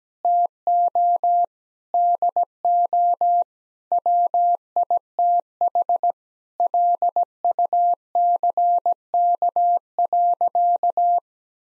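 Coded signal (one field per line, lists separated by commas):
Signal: Morse code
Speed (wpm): 17 wpm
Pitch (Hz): 700 Hz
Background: none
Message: TO DO WITH LUCK.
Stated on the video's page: Morse code practice at 17 wpm, sending sentences of common seven-word phrases, each sent twice.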